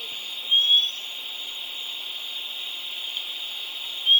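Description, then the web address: Purple-throated euphonia giving short, thin, high whistles that rise slightly, one near the start and another at the end, over a steady high insect-like hiss. Ecuador. "Natures Songs S America Birds of Ecuador Purple-throated Euphonia"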